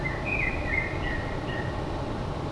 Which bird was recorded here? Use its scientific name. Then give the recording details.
Turdus merula. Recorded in Germany. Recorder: ecoPi